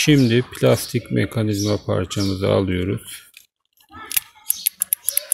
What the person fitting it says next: Yerine oturttuk.